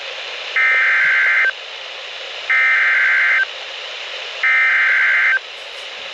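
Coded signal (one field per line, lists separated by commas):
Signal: Emergency Alert System (SAME) tones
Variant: header bursts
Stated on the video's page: Real EAS alerts received during spring showers and storms.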